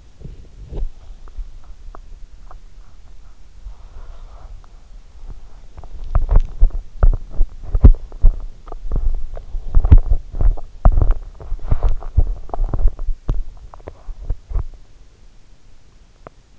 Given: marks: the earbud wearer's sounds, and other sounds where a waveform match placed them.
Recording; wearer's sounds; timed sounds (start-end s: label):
sounds in sleep by an in-ear microphone; body movement, breath
0.00-16.59 s: body movement
3.36-4.67 s: breath